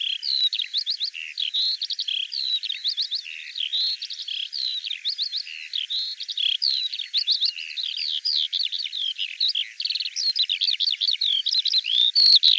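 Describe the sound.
Bird song, rapid and continuous, with repeated clusters of sharp chirps and whistled slurs at an unbroken pace.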